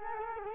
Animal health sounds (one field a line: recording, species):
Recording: mosquito wingbeat signal from an infrared sensor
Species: Culex quinquefasciatus